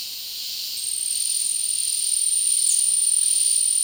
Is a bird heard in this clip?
no